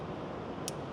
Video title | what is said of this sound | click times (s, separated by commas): Install YOUR Factory Up-fitter SWITCHES - 2017-2019 F250 F350 F450 #fyp #modified | fully secure guys I don't know if you heard that click uh but check us out | 0.7 s